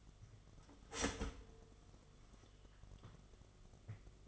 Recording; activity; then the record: daily activity, microphone in the room; start toaster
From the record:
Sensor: 4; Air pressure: 1015.5 hPa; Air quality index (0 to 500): 200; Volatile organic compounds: 10 ppm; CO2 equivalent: 2233 ppm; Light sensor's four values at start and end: 4/9/3/3 and 4/8/3/3